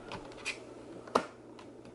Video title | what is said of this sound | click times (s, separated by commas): Amazon Cordless Onson Vacuum - PRODUCT REVIEW | it just snaps right in like that | 1.2 s